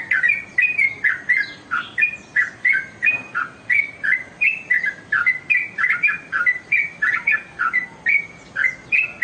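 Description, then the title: Oriental magpie-robin singing a continuous string of bright whistled notes and short chirps in quick succession. "Kicau Kacer"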